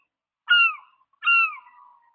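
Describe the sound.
Bird calls: two loud, clear, slightly nasal notes, each sliding downward and trailing off, given about three-quarters of a second apart in silence.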